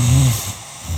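An adult snoring during sleep.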